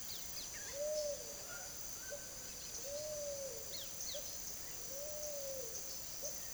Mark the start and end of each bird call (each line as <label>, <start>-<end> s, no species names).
bird call, 0.00-6.54 s